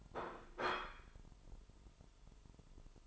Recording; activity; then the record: daily activity, microphone in the room; place plate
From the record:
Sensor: 5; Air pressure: 988.7 hPa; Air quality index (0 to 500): 236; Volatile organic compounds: 201 ppm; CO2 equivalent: 4216 ppm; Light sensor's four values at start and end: 40/125/48/52 and 40/125/48/52